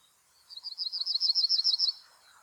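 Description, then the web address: Yellowhammer song, a rapid high trill of repeated chipping notes lasting about one and a half seconds. Recorded 19 March 2016. "fagelljud 20160319 gulsparv"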